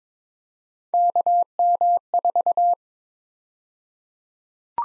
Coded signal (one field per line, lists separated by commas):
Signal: Morse code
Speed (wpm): 22 wpm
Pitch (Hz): 700 Hz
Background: none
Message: KM4